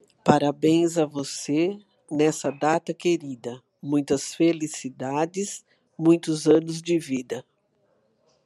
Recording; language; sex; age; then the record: short text; Brazilian Portuguese; female; 60 to 69 years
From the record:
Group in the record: control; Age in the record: 63 years